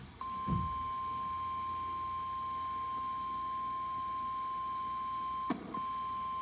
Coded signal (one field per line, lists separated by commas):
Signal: Emergency Alert System (SAME) tones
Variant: 1050 Hz attention tone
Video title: EAS 6684-6744 EAS Alerts I haven't uploaded yet